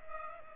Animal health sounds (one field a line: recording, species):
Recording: mosquito wingbeat signal from an infrared sensor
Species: Culex pipiens